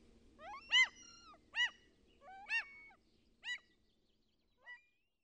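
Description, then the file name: Common gull uttering a few arched mewing notes, spaced roughly a second apart, fading away at the end over a faint low hum. "KALALOKKI"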